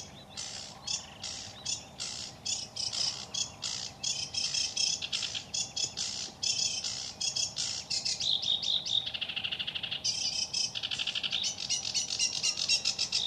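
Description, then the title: Sedge Warbler song, a fast run of harsh chattering notes and buzzy trills, switching phrases constantly. Sings from May, mostly at dusk and in darkness; falls silent around July before autumn migration to Africa; may raise two broods in the reedbed. "Viikon luontoääni: Ruokokerttunen"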